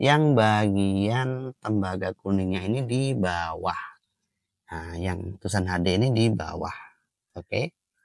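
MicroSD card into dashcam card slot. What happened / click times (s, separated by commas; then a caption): Handled, no seating click yet: memory card about to go into its slot / none. A microSD card is being positioned for a dashcam's card slot, copper contacts facing down. Only someone talking is heard over a quiet background, and nothing has seated or clicked yet.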